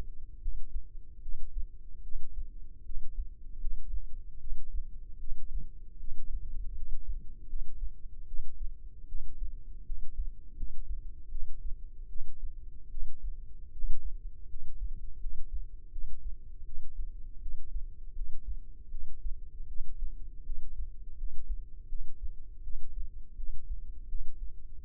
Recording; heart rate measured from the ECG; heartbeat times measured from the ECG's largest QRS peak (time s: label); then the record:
heart sounds by microphone in the left ear; 79 bpm
0.40 s: heartbeat
1.20 s: heartbeat
2.01 s: heartbeat
2.83 s: heartbeat
3.58 s: heartbeat
4.38 s: heartbeat
5.18 s: heartbeat
5.98 s: heartbeat
6.74 s: heartbeat
7.47 s: heartbeat
8.25 s: heartbeat
9.06 s: heartbeat
9.84 s: heartbeat
10.55 s: heartbeat
11.29 s: heartbeat
12.07 s: heartbeat
12.89 s: heartbeat
13.70 s: heartbeat
14.47 s: heartbeat
15.18 s: heartbeat
15.90 s: heartbeat
16.64 s: heartbeat
17.40 s: heartbeat
18.13 s: heartbeat
18.89 s: heartbeat
19.66 s: heartbeat
20.43 s: heartbeat
21.15 s: heartbeat
21.87 s: heartbeat
22.61 s: heartbeat
23.35 s: heartbeat
24.07 s: heartbeat
24.81 s: heartbeat
From the record:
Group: healthy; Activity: rest 0-19 s, light exercise 19-25 s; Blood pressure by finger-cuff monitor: 96/61 mmHg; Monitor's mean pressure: 71 mmHg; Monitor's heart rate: 77 bpm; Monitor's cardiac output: 6.2 L/min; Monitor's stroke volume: 80 mL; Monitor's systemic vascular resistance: 820 dyn s/cm5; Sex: female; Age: 19 years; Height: 163 cm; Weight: 48.9 kg